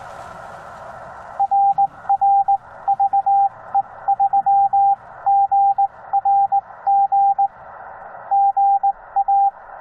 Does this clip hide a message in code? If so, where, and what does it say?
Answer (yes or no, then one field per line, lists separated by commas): yes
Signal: Morse code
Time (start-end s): 1.4-9.5 s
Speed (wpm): 17 wpm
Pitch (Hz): 790 Hz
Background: radio noise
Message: RR VE3GRG GA